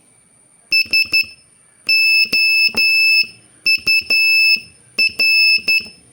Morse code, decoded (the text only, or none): SOUR